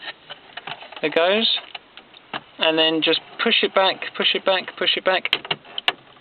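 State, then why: Seated. A car stereo head unit in a Ford Ka is pushed back into its dashboard mounting cage while someone talks. Its retaining clips engage with a sharp, loud click at 5.9 seconds, and the unit is seated fully in place.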